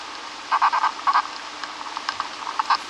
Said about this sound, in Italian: E ora, Federico, ascoltiamo delle formiche.